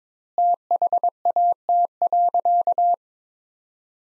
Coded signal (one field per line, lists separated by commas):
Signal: Morse code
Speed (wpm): 22 wpm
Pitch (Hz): 700 Hz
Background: none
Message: THAT.